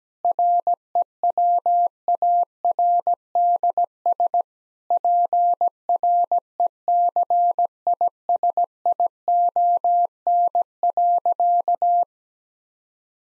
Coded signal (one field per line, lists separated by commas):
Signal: Morse code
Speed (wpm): 17 wpm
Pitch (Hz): 700 Hz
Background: none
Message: REWARDS PRECISION.